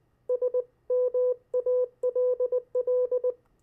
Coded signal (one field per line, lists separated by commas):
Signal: Morse code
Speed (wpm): 19 wpm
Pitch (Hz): 500 Hz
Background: none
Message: SMALL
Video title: CW Copy practice of Opposite Words, Pen and paper follow along.